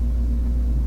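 Someone handles the objective lens turret on a microscope's rotating nosepiece, which is being turned toward its detent position. Only a steady low rumble and hum are heard, with no sudden sounds. Nothing has clicked or seated yet.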